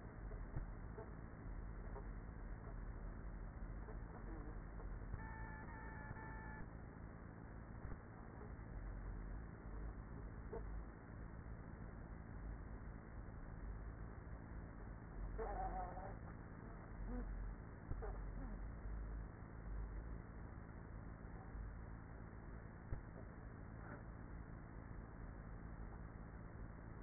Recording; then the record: honeybee colony, microphone inside the hive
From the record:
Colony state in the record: queenless with a low population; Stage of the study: after two queens were removed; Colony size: about 30,000 bees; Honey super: no